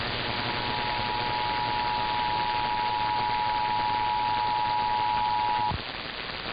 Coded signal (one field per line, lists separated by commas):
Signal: Emergency Alert System (SAME) tones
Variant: 853 and 960 Hz attention tone